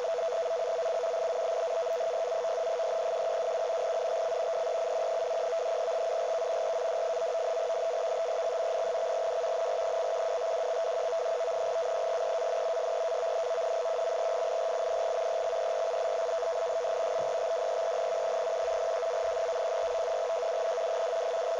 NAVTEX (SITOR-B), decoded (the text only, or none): ZCZC IA09 301127 UTC DEC 21 TURK RADIO NAVTEX N/W NR:1252/21 AEGEAN SEA 1.FIRING EXERCISE BETWEEN 01 JAN-14 JUN 22